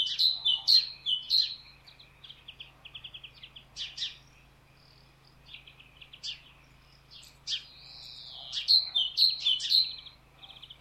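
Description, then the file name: Great tit singing three-phrase runs of ringing two-note notes at start and end, with scattered high chips and a brief rising-falling whistle between. "Parus major"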